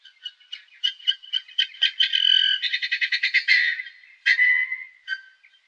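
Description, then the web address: Bird calls in rapid rattling bursts, a run of buzzy notes growing into a dense trill, then a few more notes after a short pause. "musicradar outdoor-samples Birds"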